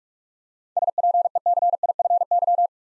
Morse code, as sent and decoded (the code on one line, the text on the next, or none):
... .--. . -.-. .. ..-. -.--
SPECIFY